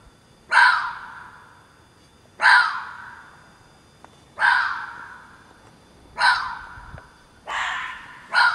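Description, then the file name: Fox barking: six rasping, explosive calls with trailing fades, about two seconds apart at first and coming faster at the end, against a still background. "renards"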